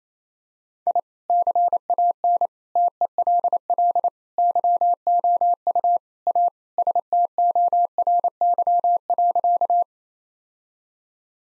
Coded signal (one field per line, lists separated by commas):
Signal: Morse code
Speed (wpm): 28 wpm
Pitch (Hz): 700 Hz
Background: none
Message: I CAN TELL YOU A STORY.